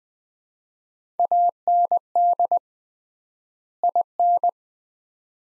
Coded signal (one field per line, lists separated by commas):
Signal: Morse code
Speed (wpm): 20 wpm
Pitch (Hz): 700 Hz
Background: none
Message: AND IN